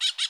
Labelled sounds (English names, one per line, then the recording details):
Brown-throated Parakeet contact call
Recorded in Bonaire
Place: 1 km N of power plant, rd to Republiek
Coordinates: 12.184, -68.285